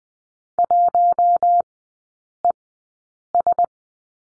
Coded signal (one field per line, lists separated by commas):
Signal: Morse code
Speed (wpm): 19 wpm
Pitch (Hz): 700 Hz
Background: none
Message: 1ES